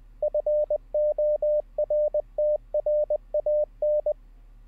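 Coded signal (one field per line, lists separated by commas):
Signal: Morse code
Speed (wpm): 20 wpm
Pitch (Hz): 600 Hz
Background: radio noise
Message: FORTRAN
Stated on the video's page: Morse code practice during a live-streamed daily learning session.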